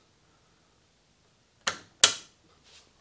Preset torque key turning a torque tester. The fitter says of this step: the torque measurement here and then just insert the key and turn until it clicks